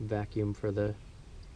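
A vacuum hose is handled near its port on the distributor's vacuum advance of a 1974 MGB GT during a dual Mikuni HSR 42 install. Only a man talking is heard over a quiet background. Nothing has seated or clicked yet.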